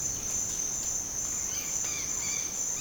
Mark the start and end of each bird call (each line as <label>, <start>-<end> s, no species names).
bird call, 1.41-2.81 s